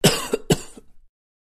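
Two dry coughs in quick succession from an adult.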